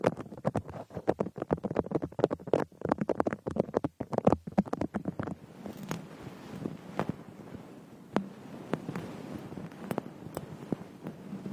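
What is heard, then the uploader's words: Ear picking on a frosted bath ball: dense, rapid scratchy crackles fill the first five seconds, low and rough with sharp bright clicks. After that the scraping thins to a quieter fizzing bed, broken by separate sharp taps roughly every second. Frosted Bath Ball Ear Picking Experience.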